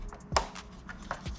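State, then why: Released. A plastic locking clip on the ribbon cable connector of a PS3 Super Slim laser deck is lifted so the cable can be pulled out. A loud, sharp click at 0.4 s marks the latch releasing open, with softer ticks around 0.1, 0.9 and 1.1 s.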